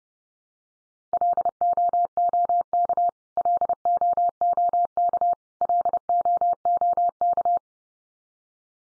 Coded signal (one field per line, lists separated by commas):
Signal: Morse code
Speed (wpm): 30 wpm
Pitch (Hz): 700 Hz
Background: none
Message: LOOK LOOK LOOK